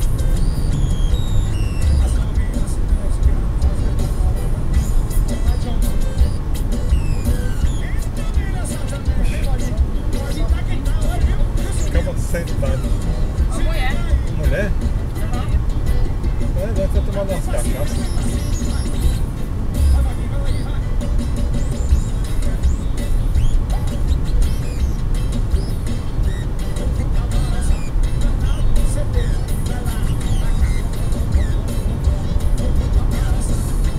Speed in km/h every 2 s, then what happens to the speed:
134, 128, 126, 126, 125, 124, 123, 122, 121, 119, 119, 120, 121, 124, 127, 130, 133.
0-21 slows to 119. 21-34 speeds up to 133.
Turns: none.